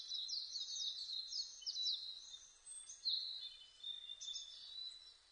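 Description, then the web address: Narcissus flycatcher song of high, rapid warbled notes over a steady background hiss, with short pauses between phrases. Recorded 2 May 2005. "2005 050502 kibitaki"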